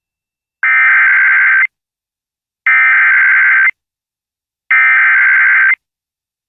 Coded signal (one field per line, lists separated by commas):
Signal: Emergency Alert System (SAME) tones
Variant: header bursts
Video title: Late-June Action | EAS Alerts from June 29th, 2023 (EAS #2845-2852)